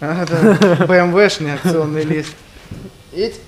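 Someone talks through most of the clip while the door of an old BMW is handled, its latch moving toward the body striker. The speech fades after about 2.5 seconds to quieter handling noise and a short final voice. The door has not yet latched or seated by the end of the clip.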